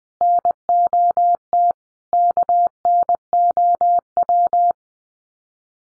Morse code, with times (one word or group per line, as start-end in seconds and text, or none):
0.2-1.7 NOT
2.1-4.7 KNOW